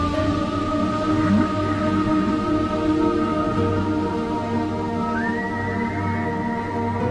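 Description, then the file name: Whale song, a sustained tone that bends into a rising upsweep and holds high, over a dense steady low hum. "Chant des baleines - whales singing"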